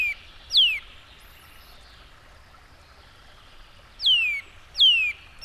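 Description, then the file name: Eurasian nuthatch calls: loud, clear whistles sliding steeply downward, with a long quiet gap between an early pair and a later run, over a soft background hiss. "csuszka"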